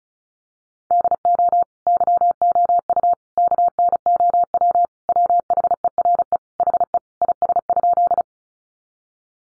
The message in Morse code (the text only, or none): DO YOU KNOW WHERE HE IS?